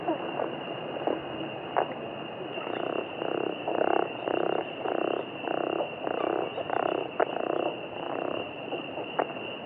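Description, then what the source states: Chiricahua leopard frog calling in a long series of pulsed, snoring grunts. Each lasts about half a second and they repeat rapidly, with a steady high-pitched hum behind. Arizona.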